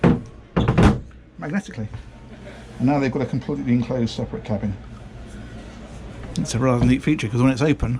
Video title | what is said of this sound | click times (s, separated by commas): £432,000 Yacht Tour : Windy 37 Shamal | that look at that and that slots into place magnetically | 0.0 s